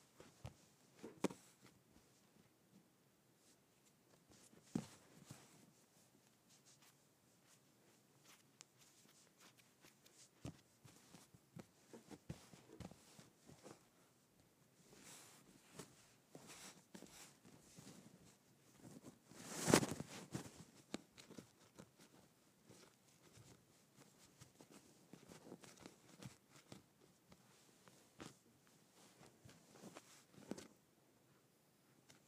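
Kinetic sand is cut and pressed, making soft, dry crunching and scraping sounds in irregular bursts throughout. A sharper, louder slicing crunch stands out around twenty seconds, with a few firm taps near five and thirty seconds.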